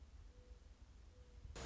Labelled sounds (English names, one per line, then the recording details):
Mourning Dove
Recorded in Sonoma County, California